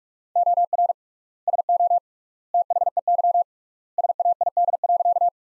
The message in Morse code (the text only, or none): OR SO THEY SAID.